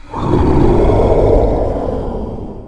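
A loud, sustained chorus of monstrous roars, deep and growling with a rough rumbling texture, holding steady for a couple of seconds before gradually tapering off. No one speaks.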